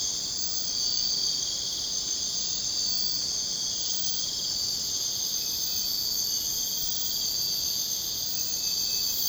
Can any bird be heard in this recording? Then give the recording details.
no. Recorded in secondary vegetation near Puerto Asís, Putumayo, Colombia, on 23 June 2025 at 03:30. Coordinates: 0.484, -76.319. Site G074